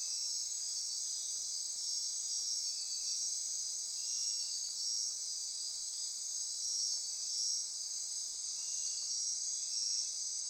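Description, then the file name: Insects in a dense, high-pitched chorus, a steady shimmering hiss with pulsed trills repeating over it and a faint lower buzz now and then. Insect chorus recorded at midnight near Corcovado. "Wind-is-the-Original-Radio-Fridays 20240628 Andy-Martin Midnight-Insect-Chorus-Near-Corcovado"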